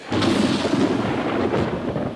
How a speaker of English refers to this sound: Seven thunders utter their voices. I see the lightning strike.